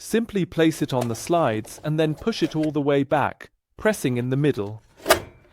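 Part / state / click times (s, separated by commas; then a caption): drawer onto cabinet drawer runners / seated / 5.1 s. Someone talks while an assembled GRASS Nova Pro Scala drawer is placed on the cabinet slides and pushed all the way back, pressed in the middle. A sharp click at 5.1 s marks the drawer engaging the runner couplings, and it is seated on the cabinet drawer runners.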